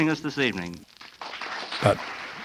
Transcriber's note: applause